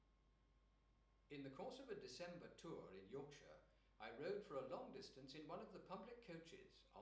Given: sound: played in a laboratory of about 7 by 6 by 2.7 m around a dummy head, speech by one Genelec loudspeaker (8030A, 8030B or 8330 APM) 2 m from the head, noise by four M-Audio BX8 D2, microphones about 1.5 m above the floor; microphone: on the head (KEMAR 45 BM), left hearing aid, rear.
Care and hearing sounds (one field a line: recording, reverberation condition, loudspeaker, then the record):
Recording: male speech in English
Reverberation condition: medium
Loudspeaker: 120 degrees to the left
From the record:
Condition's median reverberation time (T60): about 510 ms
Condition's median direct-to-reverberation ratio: about -0.5 dB